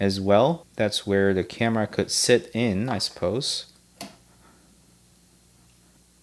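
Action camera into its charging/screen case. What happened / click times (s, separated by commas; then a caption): Handled, not yet seated: small device placed toward its case / none. Someone talks while handling an Insta360 GO 3 tiny action camera near its charging and flip-screen case, where it will snap in with magnets. A brief sharp tap sounds at about 4.0 s, then near silence follows. Nothing has seated or clicked into place yet.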